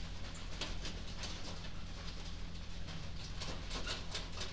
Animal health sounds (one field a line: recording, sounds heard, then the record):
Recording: poultry house recording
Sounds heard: no chicken sound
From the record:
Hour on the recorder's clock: 22